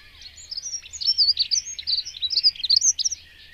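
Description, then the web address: Dunnock song, a rapid jumbled warble of high squeaky notes lasting about three seconds over a soft low background rumble. "agykontroll Madardalok Cd 1. Erdei szürkebegy"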